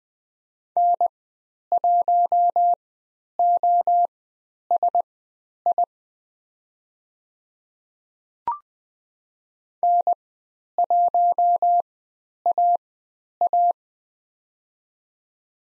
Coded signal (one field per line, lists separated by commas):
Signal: Morse code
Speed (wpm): 20 wpm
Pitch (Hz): 700 Hz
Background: none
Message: N1OSI N1AA